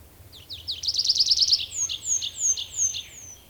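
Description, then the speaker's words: Tree Pipit song: a fast run of high chirps speeding into a bright trill, then a series of slurred, descending, high-pitched 'seea' notes repeated evenly, over a low background hum. Finland, where it is the fourth most common bird; sings this phrase in a song flight or from a tree branch. "Tällaisen säkeen esittää laululennossa tai puun oksalta metsäkirvinen."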